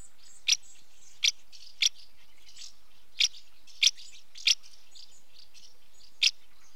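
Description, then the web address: House martin calls, crisp high chirps in an uneven series, with soft twittering between them. Female house martin calling at the nest entrance; British bird. "BBC Sound Effects Library. House Martin female calling at nest entrance"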